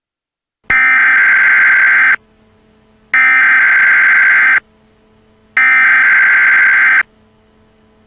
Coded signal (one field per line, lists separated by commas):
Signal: Emergency Alert System (SAME) tones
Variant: header bursts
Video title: EAS Alert: Missile crisis in lylat